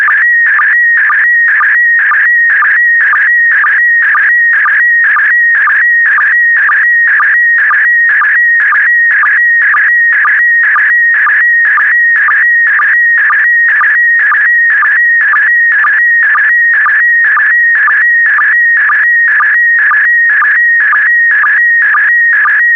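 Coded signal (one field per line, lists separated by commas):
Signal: SSTV (slow-scan television)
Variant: PD120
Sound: warbling tone shifting around 1.5-2.3 kHz with regular short low sync chirps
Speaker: transmission complete you can now check your decoded image against the picture that is shown on the video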